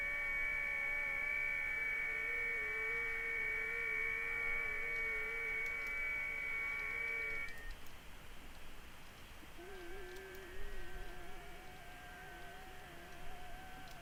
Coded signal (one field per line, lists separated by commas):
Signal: FT8